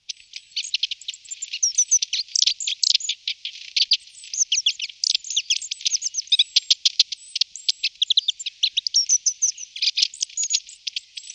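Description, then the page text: Long-tailed tit calls: a dense, continuous chatter of thin high chirps and short trilled notes. "Ополовник или Длиннохвостая синица - голос"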